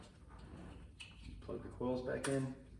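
On a Mercedes-Benz R-Class W251, the plastic coil wiring connector is being handled to plug back onto the ignition coil, with its locking slide still to be pushed home, while someone talks. A brief handling noise is heard near 1.0 s. The connector has not clicked in, locked or seated yet.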